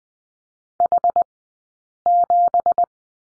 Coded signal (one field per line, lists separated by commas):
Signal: Morse code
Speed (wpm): 20 wpm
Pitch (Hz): 700 Hz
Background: none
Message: H7